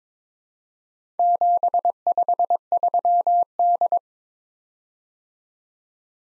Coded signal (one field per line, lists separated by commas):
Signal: Morse code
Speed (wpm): 24 wpm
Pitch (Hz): 700 Hz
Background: none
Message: 753D